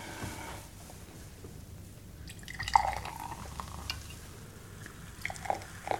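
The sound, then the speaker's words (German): Champagne being poured into a glass: a soft, steady fizzing hiss with a few small bright clinks and drips scattered through, and no one speaking. “Ja, da wir gerade davon sprechen, was ist jetzt mit deinem Glas Champagner?”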